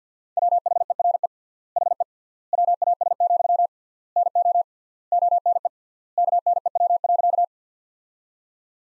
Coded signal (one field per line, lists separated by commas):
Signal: Morse code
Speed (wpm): 50 wpm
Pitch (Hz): 700 Hz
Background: none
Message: WHERE HE WAS, NO ONE KNEW.